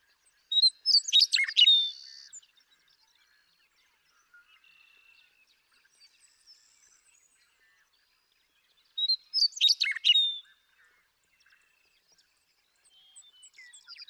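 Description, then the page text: Western meadowlark delivering two loud songs about eight seconds apart, with soft bird calls in the pauses. Male western meadowlark (Bird 1) singing in Sierra Valley, eastern California, 2018. "Birdsong for the Curious Naturalist: Explore #7. The joy of western meadowlark songs. Come along with me to Sierra Valley in eastern California where, during 2018, I just couldn't get enough of them"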